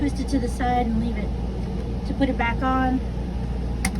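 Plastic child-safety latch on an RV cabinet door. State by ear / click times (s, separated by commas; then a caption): seated / 3.8 s. Someone talks over a steady low hum while re-engaging a plastic child-safety latch on a cabinet door under the counter of a Pleasure Way Lexor TS Class B campervan, which is kept locked so it doesn't move around while driving. The squeeze, pull-down and twist steps are reversed, and a sharp click at 3.9 s shows the lock has snapped shut.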